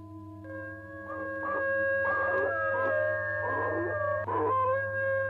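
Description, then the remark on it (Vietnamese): A long, sustained dog howl with steady tonal harmonics holding one pitch, in a garden under a bright moon at night, accompanied by a low constant hum and bursts of rough, noisy sound partway through, no talking. “Nhìn lên trên ánh trăng sáng rực giữa bầu trời, tựa như là một cái mâm đồng treo giữa nền trời trong vắt, nó hú lên một tiếng.”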